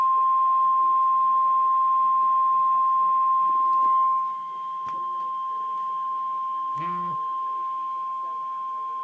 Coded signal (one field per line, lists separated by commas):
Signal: Emergency Alert System (SAME) tones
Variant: 1050 Hz attention tone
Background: speech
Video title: REAL EAS 505-Severe thunderstorm warning